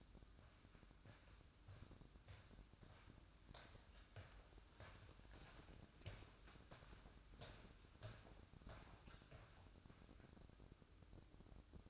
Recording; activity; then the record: daily activity, microphone in the room; walk to room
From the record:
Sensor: 2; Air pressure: 1008.1 hPa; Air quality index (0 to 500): 116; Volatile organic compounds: 1 ppm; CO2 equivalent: 867 ppm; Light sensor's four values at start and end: 8/18/7/7 and 8/18/7/7